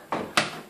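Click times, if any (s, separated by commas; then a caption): 0.4 s. The plastic side pannier of a Honda Deauville touring motorcycle is pushed back into its mount on the second side, with a dull bump at 0.1 s. A sharper, brighter click follows at 0.4 s as the latch snaps into its original position. The pannier is confirmed seated and latched.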